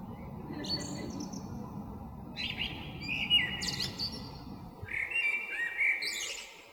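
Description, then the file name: Eurasian blackbird singing low, fluted whistled phrases that end in higher twittering flourishes, delivered in separate bursts over a low rumble that fades out partway. Recorded 21 February 2023. "amsel 20230221"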